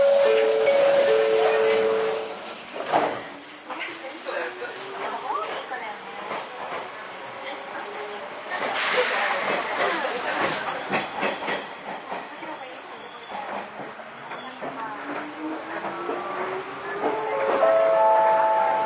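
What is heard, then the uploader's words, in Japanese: Onboard a stainless-steel commuter train, steady rumbling wheel noise runs throughout, with rising motor whines, brief squeals near the start and end, and faint voices. 伊豆箱根鉄道3000系(ステンレス車) 三島〜修善寺。伊豆箱根鉄道駿豆線のステンレス車。国鉄211系電車に準じた軽量ステンレス製に変更。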